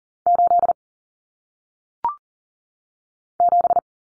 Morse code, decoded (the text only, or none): 8 7